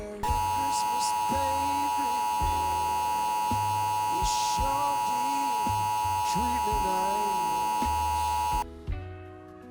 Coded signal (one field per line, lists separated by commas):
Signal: Emergency Alert System (SAME) tones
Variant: 853 and 960 Hz attention tone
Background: music